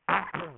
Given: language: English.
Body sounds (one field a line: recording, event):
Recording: throat vibration sensor signal played as sound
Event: throat clearing